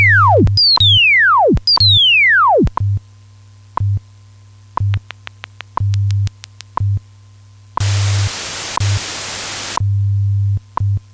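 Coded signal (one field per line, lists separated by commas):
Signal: radio time signal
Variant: WWV scientific test signal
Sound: low hum with two falling whistle chirps, rapid clicks, then a burst of hiss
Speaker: beginning november 15 2021 nist will be broadcasting a test signal on minute eight of each hour on wwv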